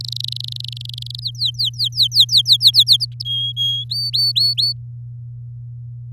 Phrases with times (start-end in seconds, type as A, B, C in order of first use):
0.00-1.20 A, 1.22-2.84 B, 2.87-3.23 C, 3.25-3.84 D, 3.89-4.73 E